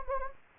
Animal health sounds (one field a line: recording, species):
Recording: mosquito wingbeat signal from an infrared sensor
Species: Anopheles gambiae